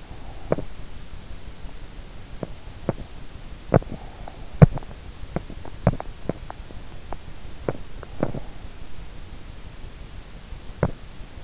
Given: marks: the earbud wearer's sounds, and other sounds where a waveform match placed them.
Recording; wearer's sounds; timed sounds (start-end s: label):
sounds in sleep by an in-ear microphone; teeth grinding
0.00-11.44 s: teeth grinding